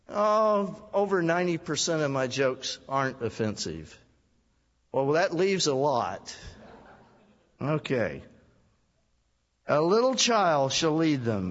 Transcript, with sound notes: oh, over 90 percent of my jokes are offensive. Well, that leaves a lot. (Laughter) Okay. And a little child shall lead them.